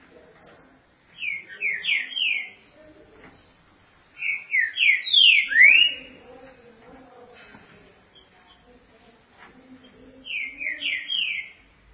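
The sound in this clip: Green-winged saltator song: three loud whistled phrases of quick, slurred, up-and-down notes, each one to two seconds long, with quiet gaps between them.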